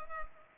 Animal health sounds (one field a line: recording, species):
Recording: mosquito wingbeat signal from an infrared sensor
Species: Culex pipiens